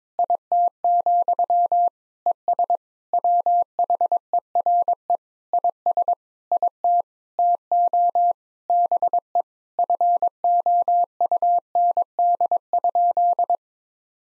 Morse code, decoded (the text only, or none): IT, ES WHERE IS IT TO BE FOUND?